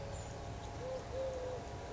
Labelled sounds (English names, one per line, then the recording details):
Eurasian Collared Dove
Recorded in Sonoma County, California